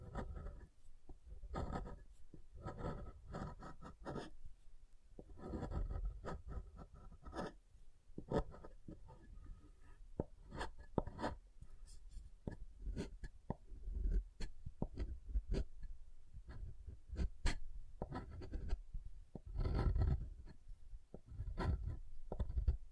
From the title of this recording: SoftHard Soap Tapping and Carving